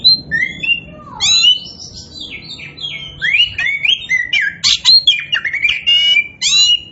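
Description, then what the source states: Oriental magpie-robin in full song, a fast jumble of sweet whistles, descending slurs and buzzy chattering notes with hardly a pause. Oriental magpie-robin of the kacer poci form, described as gacor, singing continuously and vigorously.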